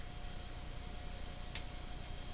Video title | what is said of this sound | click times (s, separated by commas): Ravage Nocks NOCKEM DEAD | And what you're going to listen for is a click. | 1.6 s